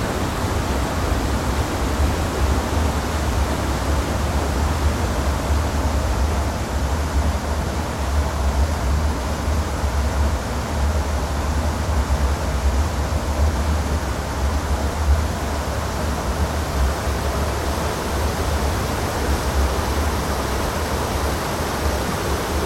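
A river rushes steadily and without pause, a dense, even roar of water with a strong low rumble underneath and a hissing spray on top. The sound is constant, holding the same level from start to finish with no distinct events.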